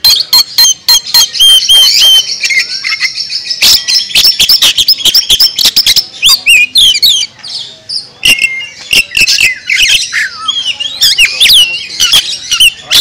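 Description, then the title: Oriental magpie-robin singing at length: loud sharp clicks and snapping notes in quick irregular series, woven with high rising and falling whistles and brief buzzy trills. National champion bird. "Bintang Sektor Kacer Juara Nasional"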